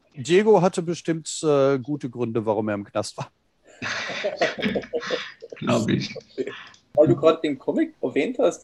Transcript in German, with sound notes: Diego hatte bestimmt gute Gründe warum er im Knast war. [lacht]
Weil du gerade den Comic erwähnt hast.